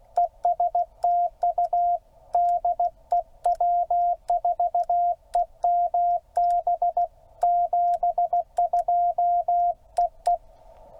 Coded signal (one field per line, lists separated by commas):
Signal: Morse code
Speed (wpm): 16 wpm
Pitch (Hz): 700 Hz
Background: none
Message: ES TU DE W4EMB 72 EE